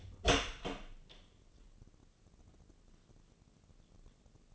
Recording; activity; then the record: daily activity, microphone in the room; open door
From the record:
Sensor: 4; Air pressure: 1013.2 hPa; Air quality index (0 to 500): 178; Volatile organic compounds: 2 ppm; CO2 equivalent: 1119 ppm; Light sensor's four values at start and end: 68/166/70/70 and 88/220/91/96